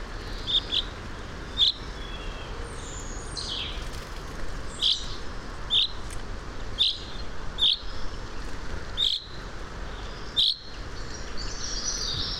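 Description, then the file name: Common chaffinch calls: a single clear high note repeated at irregular intervals, over a low steady background hum. "Fringilla coelebs"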